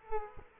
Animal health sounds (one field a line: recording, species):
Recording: mosquito wingbeat signal from an infrared sensor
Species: Culex quinquefasciatus